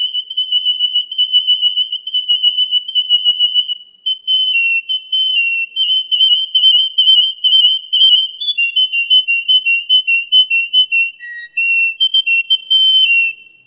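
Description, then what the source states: Canary song: steady, high whistled rolling trills and pulsed notes flowing almost without pause, with a brief dip to a lower tone near the end; no other sounds. Russian and Waterslager song combination.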